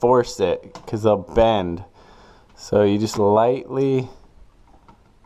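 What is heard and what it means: Someone talks while a plastic Honeywell thermostat faceplate is gently lowered from its hinge onto its wall-mounted base plate, lining the metal pins up with their holes without forcing it, because the pins can bend. A few faint light ticks come near the end, around 4.7, 4.9 and 5.3 seconds. The faceplate is only lined up, and nothing has seated or clicked in yet.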